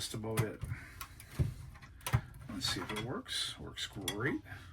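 While someone talks, a plastic part is handled on an old steel Tonka Terminix Fleetside toy truck being restored, with a few brief knocks and clunks after the mechanism is tested. The part is not yet pressed back into place, and nothing has seated or clicked yet.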